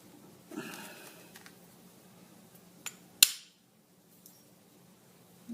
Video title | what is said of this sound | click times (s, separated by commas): Ruger SP101 Assembly by BeathardEngraving.com | push it up and that button snaps into place | 3.2 s